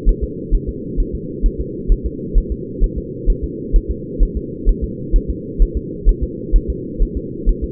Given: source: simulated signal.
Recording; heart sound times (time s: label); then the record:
fetal heart sounds
0.09 s: S1
0.24 s: S2
0.55 s: S1
0.69 s: S2
1.00 s: S1
1.15 s: S2
1.46 s: S1
1.61 s: S2
1.92 s: S1
2.06 s: S2
2.38 s: S1
2.52 s: S2
2.84 s: S1
2.98 s: S2
3.30 s: S1
3.44 s: S2
3.76 s: S1
3.91 s: S2
4.23 s: S1
4.37 s: S2
4.69 s: S1
4.84 s: S2
5.16 s: S1
5.30 s: S2
5.62 s: S1
5.77 s: S2
6.09 s: S1
6.23 s: S2
6.56 s: S1
6.70 s: S2
7.02 s: S1
7.17 s: S2
7.49 s: S1
7.64 s: S2
From the record:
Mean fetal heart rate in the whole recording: 130 bpm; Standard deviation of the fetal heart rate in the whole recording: 2 bpm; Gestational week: 38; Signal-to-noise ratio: -4.1 dB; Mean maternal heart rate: no maternal heart sound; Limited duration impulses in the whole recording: absent